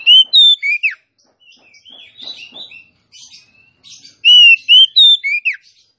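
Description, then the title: Oriental magpie-robin song: a bright whistled phrase ending in a falling slur, given twice with quiet twittering notes between. Female song, used to lure a male whose singing has stalled into singing and fighting back at once. "Kacer Langsung Tarung Konslet KACER NGOTOT FULL TEMBAKAN. Suara kacer betinamemancing kacer jantan yg macet bunyi"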